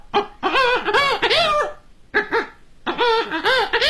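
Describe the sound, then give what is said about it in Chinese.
A human voice performing kouji, Chinese vocal mimicry, with circular breathing imitates clucking hens and a crowing rooster at once in three loud bursts of harmonic, warbling calls with rising and falling pitch, separated by brief pauses. “你比如说，老母鸡，是吧？它这种声音，用那个雄鸡的声音。”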